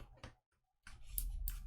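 A microSD card is slid into the card slot of a handheld game console and pushed further with a fingernail until it latches. After some soft scraping and a near-silent pause, rustling handling sounds build up. The card clicks into place at 1.2 s, and it is confirmed seated.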